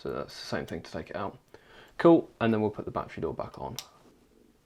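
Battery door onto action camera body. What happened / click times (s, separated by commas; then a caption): Handled, not yet home: the plastic door has not latched / none. Someone talks while handling the plastic battery door of a GoPro Hero 8 Black action camera, getting ready to refit it onto the camera body. Only speech and soft handling noise are heard. The door has not yet been pushed home; nothing has seated or clicked yet.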